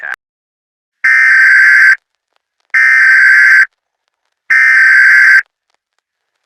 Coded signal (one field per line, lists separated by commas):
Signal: Emergency Alert System (SAME) tones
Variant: header bursts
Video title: EAS Scenario 4: Try Your Luck (Late St. Patrick’s Day Special)